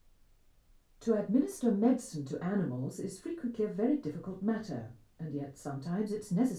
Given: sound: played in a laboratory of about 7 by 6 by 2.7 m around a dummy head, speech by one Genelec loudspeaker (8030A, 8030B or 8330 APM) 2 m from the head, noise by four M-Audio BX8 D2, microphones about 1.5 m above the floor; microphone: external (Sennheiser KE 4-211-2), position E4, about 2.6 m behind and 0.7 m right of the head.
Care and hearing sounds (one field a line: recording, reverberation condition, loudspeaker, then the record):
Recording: female speech in English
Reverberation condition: low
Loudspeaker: 120 degrees to the right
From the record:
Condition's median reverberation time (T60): about 310 ms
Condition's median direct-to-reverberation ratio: about 3.5 dB